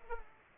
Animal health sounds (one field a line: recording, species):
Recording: mosquito wingbeat signal from an infrared sensor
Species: Culex pipiens